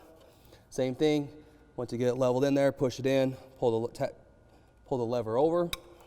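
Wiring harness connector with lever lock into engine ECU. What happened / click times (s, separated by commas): The connector is being positioned and the lever pulled, but it has not latched yet / none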